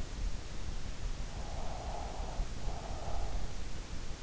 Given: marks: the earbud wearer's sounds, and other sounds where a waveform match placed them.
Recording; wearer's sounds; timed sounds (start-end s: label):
sounds in sleep by an in-ear microphone; breath
1.14-3.84 s: breath